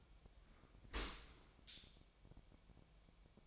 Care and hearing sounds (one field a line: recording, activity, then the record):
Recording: daily activity, microphone in the room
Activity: open dishwasher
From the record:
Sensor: 1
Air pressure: 1006.7 hPa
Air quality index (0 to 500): 208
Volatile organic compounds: 24 ppm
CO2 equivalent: 2810 ppm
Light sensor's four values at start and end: 12/31/12/13 and 12/31/12/13